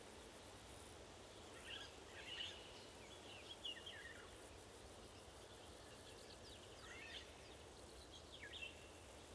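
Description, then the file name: Eurasian golden oriole with short clustered chattering notes and a few downslurs spaced throughout, heard through steady noise. More than one oriole, calling to one another. "golden orioles talk"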